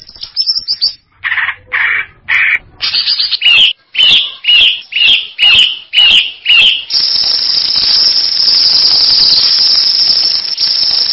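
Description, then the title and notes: Greater green leafbird song: a steady series of loud, slurred whistled notes, about two each second, followed by a steady hiss. Champion songbird. "Kicau Burung Cucak Ijo Juara. Suara kicauan burung cucak ijo"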